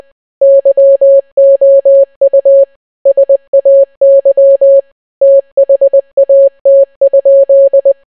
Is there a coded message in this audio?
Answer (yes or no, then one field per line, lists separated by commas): yes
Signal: Morse code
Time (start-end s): 0.4-7.9 s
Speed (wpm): 20 wpm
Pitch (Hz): 550 Hz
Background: none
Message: YOU SAY THAT?